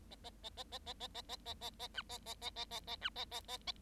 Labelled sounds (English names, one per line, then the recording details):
Bengalese Finch song
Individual Bird7